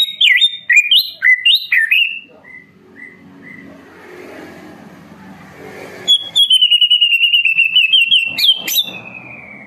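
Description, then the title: Leafbird song: quick looping whistled notes, a few soft repeated whistles, a hissing pause, then a fast stream of rapid chattering notes held on one pitch. Caged-bird training recording (masteran and pancingan) of an energetic, actively singing bird. "Masteran & Pancingan Cucak Ijo Gacor"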